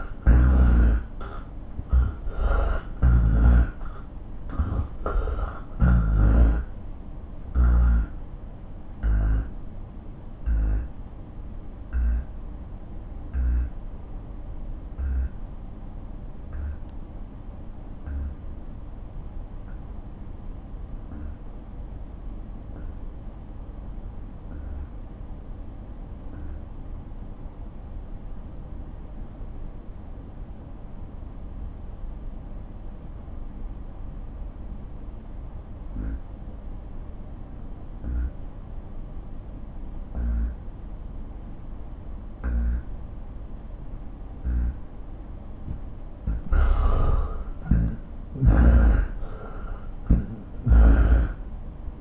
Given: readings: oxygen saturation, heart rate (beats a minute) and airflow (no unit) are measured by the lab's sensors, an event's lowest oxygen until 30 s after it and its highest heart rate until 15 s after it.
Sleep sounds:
breathing in sleep by a smartphone at the bedside; 1
7.00-41.30 s: obstructive apnea (N1, oxygen 92% highest, then 82% lowest)
10.00-40.00 s: new sleep stage, N2 (light sleep)
40.00-52.01 s: new sleep stage, N1 (lightest sleep)
From the record:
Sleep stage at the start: N1 (lightest sleep); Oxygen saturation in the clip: 85 to 92%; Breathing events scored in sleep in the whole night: 217 in 6.3 hours asleep

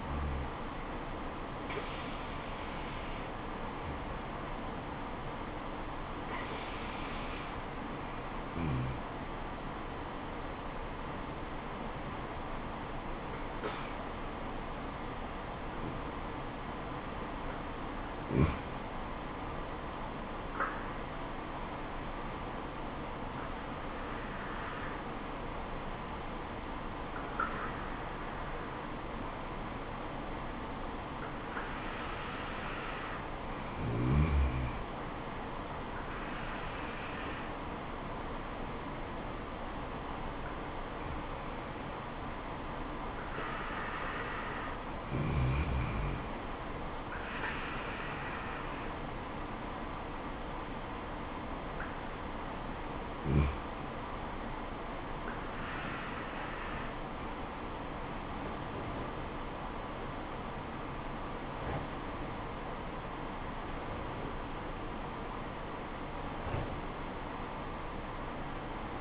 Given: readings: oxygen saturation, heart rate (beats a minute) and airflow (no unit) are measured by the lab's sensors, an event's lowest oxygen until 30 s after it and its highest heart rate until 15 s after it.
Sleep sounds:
breathing in sleep by a voice recorder at the bedside; 2
3.00-20.20 s: hypopnea (N1, oxygen 95% highest, then 91% lowest, heart rate 69 at the start, 76 highest)
21.00-51.00 s: new sleep stage, N2 (light sleep)
39.00-62.70 s: hypopnea (N2, oxygen 95% highest, then 94% lowest, heart rate 72 at the start, 78 highest)
51.00-69.01 s: new sleep stage, N1 (lightest sleep)
From the record:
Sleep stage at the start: N1 (lightest sleep); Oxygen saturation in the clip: 91 to 95%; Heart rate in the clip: 69 to 78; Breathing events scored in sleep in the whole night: 426 in 7.4 hours asleep

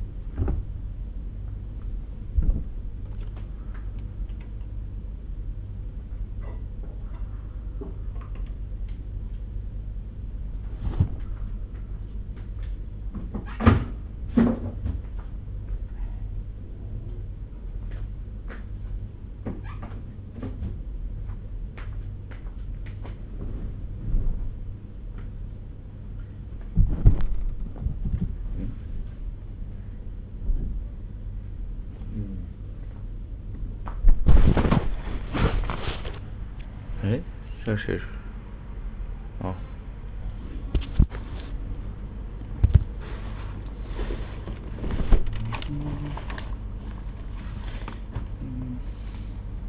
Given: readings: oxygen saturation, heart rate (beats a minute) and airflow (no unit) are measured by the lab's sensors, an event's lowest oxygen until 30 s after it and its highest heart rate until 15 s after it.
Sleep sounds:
a person awake in a sleep study, by a smartphone at the bedside; none
0.00-49.69 s: awake
From the record:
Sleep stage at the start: awake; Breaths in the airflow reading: 22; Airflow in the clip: -0.6 to 0.9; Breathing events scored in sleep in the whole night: 201 in 6.5 hours asleep

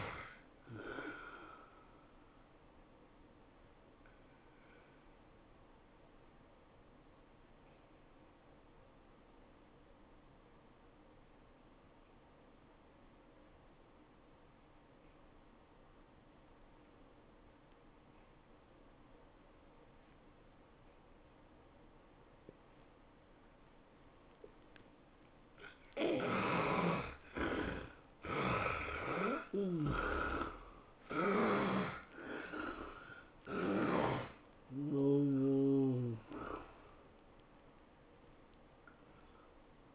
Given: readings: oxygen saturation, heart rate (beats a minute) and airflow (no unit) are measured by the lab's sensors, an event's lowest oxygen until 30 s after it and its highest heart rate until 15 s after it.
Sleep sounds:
breathing in sleep by a voice recorder at the bedside; 1
6.00-26.90 s: obstructive apnea (N1, oxygen 96% highest, then 71% lowest, heart rate 101 at the start, 110 highest)
From the record:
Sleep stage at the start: N1 (lightest sleep); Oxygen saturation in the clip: 70 to 96%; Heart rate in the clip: 84 to 110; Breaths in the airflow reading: 7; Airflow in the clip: -12.8 to 10.1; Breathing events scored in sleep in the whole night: 403 in 5.5 hours asleep

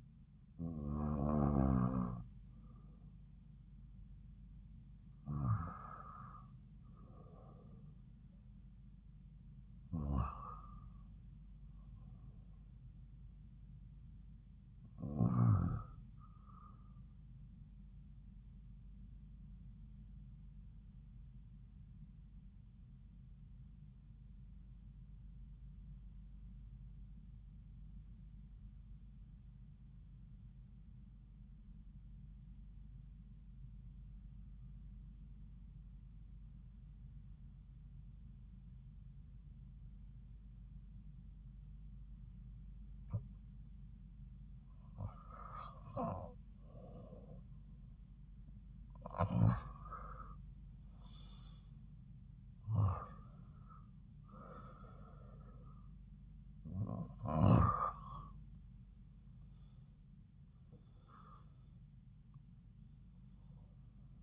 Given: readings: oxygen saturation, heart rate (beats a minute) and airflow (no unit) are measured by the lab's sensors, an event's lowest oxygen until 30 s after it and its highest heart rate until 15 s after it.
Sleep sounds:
breathing in sleep by a smartphone at the bedside; 1
26.00-44.40 s: obstructive apnea (REM, oxygen 95% highest, then 87% lowest)
From the record:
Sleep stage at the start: REM sleep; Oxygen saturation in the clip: 87 to 95%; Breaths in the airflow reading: 10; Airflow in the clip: -7.6 to 7.4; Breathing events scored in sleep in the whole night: 270 in 6.1 hours asleep

